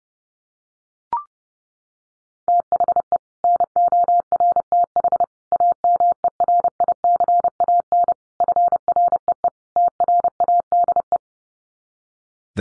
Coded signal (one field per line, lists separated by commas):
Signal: Morse code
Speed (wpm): 30 wpm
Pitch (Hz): 700 Hz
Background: none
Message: THE NORTH AMERICAN FREE TRADE